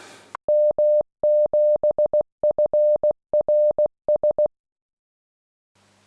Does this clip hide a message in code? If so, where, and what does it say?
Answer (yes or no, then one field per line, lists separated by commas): yes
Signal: Morse code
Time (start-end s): 0.5-4.5 s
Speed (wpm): 16 wpm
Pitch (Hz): 600 Hz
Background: none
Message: M7FRS